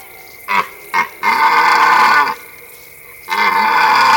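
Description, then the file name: Deer calls: two short calls followed by two longer, loud, harmonic drawn-out calls, the last cut off at the end. "Cervo da xenocanto"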